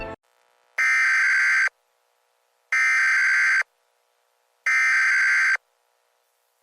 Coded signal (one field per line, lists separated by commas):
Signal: Emergency Alert System (SAME) tones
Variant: header bursts